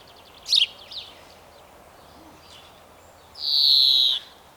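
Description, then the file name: European greenfinch giving one long, wheezy, buzzing note that slides gently downward, preceded by a few brief high chirps, with quiet background otherwise. "Chloris chloris"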